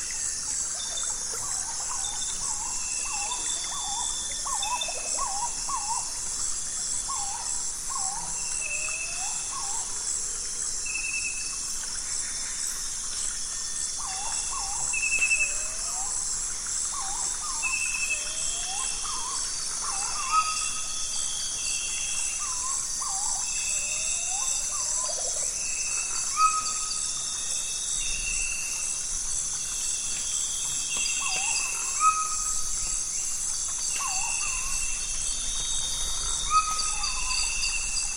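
Nightfall on the Zabalo River brings a steady, shrill insect drone, with frogs or birds calling in short, repeated chirps throughout.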